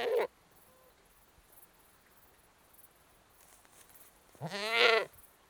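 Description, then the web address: Goat bleating: a short clipped bleat at the start, then after a quiet pause a loud, wavering, harmonic-rich bleat lasting nearly a second. British goat, bleating while annoyed. "The BBC Sound Effects Library. British Goat Bleating"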